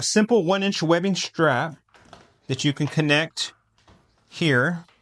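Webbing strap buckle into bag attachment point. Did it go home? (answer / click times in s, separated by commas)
no / none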